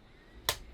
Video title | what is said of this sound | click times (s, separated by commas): $130 Wireless Earbuds, Are They Worth The Premium? - Sudio Tolv Bluetooth Headphones Review | a solid click and the | 0.5 s